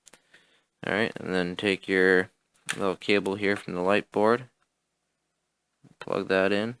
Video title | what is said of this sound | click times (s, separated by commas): LIVE Tech Strip Down - 1STPLAYER FIREDANCING GK3 Keyboard | till it Clips in and once it snaps into place there you go | 0.1 s